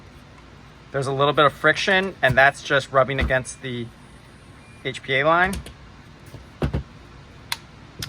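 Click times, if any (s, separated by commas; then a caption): 7.5 s. A hybrid lower receiver (TAPP Hybrid KC02) is pushed down the rest of the way onto an airsoft rifle with the mag release pressed, rubbing slightly against the HPA line, while someone talks. After the talking stops, a few faint scrapes are heard, then a sharp click at 7.5 s as the lower receiver seats in place.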